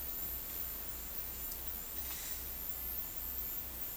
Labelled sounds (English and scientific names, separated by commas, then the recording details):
none
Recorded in dense forest near Puerto Asís, Putumayo, Colombia, on 21 February 2024 at 12:30
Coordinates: 0.484, -76.317
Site G6464